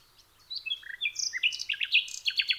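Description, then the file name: Common nightingale singing a varied phrase of clear whistled notes and slurs, building into quick repeated chirps. "nachtegaal"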